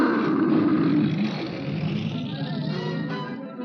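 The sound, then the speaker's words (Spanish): A lion roars at the city, letting out a long, deep, rumbling roar that stays loud and gravelly for several seconds, easing off slightly toward the end. “Quizá no oyeron el rugido del rey.”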